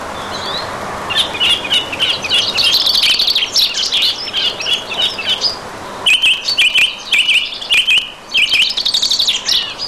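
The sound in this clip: Song thrush song of dense, chattering and whistled phrases, followed by series of quickly repeated notes.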